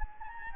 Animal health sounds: mosquito wingbeat signal from an infrared sensor; Anopheles gambiae

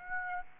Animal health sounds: mosquito wingbeat signal from an infrared sensor; Aedes aegypti

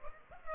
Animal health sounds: mosquito wingbeat signal from an infrared sensor; Culex pipiens

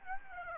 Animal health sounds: mosquito wingbeat signal from an infrared sensor; Aedes aegypti

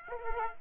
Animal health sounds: mosquito wingbeat signal from an infrared sensor; Aedes aegypti

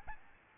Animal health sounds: mosquito wingbeat signal from an infrared sensor; Aedes albopictus

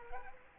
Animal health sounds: mosquito wingbeat signal from an infrared sensor; Culex quinquefasciatus

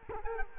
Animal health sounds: mosquito wingbeat signal from an infrared sensor; Culex quinquefasciatus

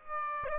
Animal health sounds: mosquito wingbeat signal from an infrared sensor; Aedes aegypti

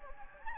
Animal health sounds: mosquito wingbeat signal from an infrared sensor; Anopheles gambiae

